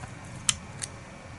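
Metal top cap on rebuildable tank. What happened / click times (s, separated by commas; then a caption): The twist-lock cap released from its locked position / 0.5 s, 0.8 s. The tongue-and-groove metal top cap of a Wotofo Profile Unity RTA rebuildable vape tank, which locks with barely a turn, is twisted out of its locked position. Two sharp metal clicks are heard at 0.5 s and 0.8 s over a low background hum. The cap is released and opens.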